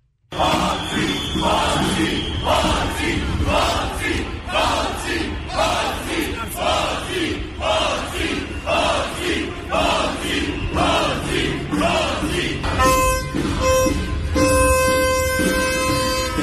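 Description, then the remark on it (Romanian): A large street protest crowd of about 5,000 people marching in Cluj-Napoca chants in a steady, loud rhythm, voices rising and falling in repeated bursts, with blaring horns and whistles joining in toward the end. “Orașul a rămas campion la numărul de participanți și de această dată, aproximativ 5.000 de oameni au ieșit în stradă și au pornit în marș.”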